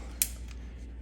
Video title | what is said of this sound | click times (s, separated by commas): 2007-2011 Hyundai Accent Blower Motor Replacement | So this kind of clicks right into place, | 0.2 s